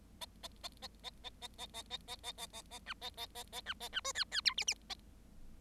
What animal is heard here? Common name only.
Bengalese Finch